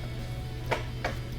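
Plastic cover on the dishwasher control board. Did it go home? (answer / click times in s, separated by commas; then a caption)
no / none. A black plastic cover, held by three tabs, is being handled as it is pushed back onto a dishwasher control board, with two brief handling knocks near 0.7 and 1.1 s over a steady low hum. Nothing has seated or clicked yet.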